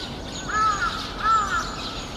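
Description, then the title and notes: Birds: two harsh, hoarse calls less than a second apart, each with a slight rise and fall, over faint high sounds and low background noise. Flock of birds in the trees making noise at Sinbanpo Apartment, Jamwon-dong 85, Seocho-gu, Seoul, South Korea. "대한민국 서울특별시 서초구 잠원동 85-Sinbanpo Apt, A Flock of Birds. Sinbanpo Apt, a flock of birds making noise 신반포아파트, 나무 위의 새떼들"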